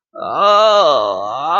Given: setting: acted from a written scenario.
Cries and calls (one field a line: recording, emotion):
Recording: vocal sound without words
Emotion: distress